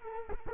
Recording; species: mosquito wingbeat signal from an infrared sensor; Culex quinquefasciatus